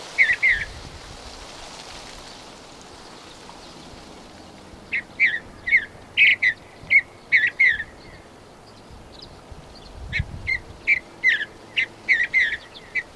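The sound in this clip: Bird song of sharp, high chirped notes in rapid bursts, pausing, then resuming in quick repeated runs, over a faint low background hum.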